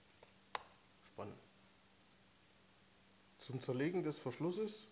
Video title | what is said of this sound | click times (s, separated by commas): Vorstellung HEYM Modell EXPRESS Repetierbüchse | verschluss einsetzen einrasten lassen und nach vorne | 0.6 s